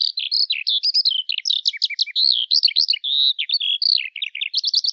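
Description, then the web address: Bird song, dense and energetic, made of sharp high chirps, trilled bursts and quick whistled slides running on continuously. "Deverinetal 2025 File cleaned normalized Bird Al Ar"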